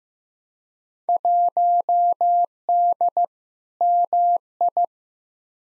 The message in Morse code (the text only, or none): 1D MI